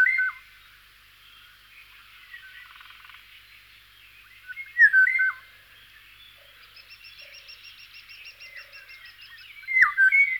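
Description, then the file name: Eurasian golden oriole singing rich whistled phrases roughly every five seconds, each a liquid swooping flourish, while a faint trill and other small birds call behind. "kosmos 93 pirol"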